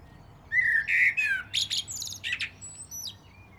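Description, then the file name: Common blackbird song: a low, mellow fluted warble that slurs downward, followed by a burst of thin, high squeaky twittering notes. "Turdus merula"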